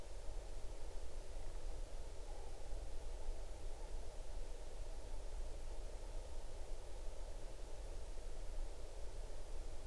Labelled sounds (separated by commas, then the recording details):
near silence
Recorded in the Arctic National Wildlife Refuge, Alaska, on 8 June 2019 at 01:11
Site 40